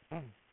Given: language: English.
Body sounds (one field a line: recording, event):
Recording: throat vibration sensor signal played as sound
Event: throat clearing